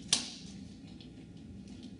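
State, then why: Seated. A lid latch on the tank of a Nilfisk GM 80P industrial vacuum cleaner is turned after the top lid is put back on. A single sharp, loud click sounds at 0.1 s, followed by low, quiet background noise. The latch clicks shut and the lid is locked down.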